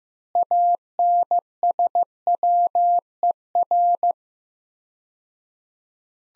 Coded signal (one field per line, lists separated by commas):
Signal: Morse code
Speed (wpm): 15 wpm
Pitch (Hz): 700 Hz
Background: none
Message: ANSWER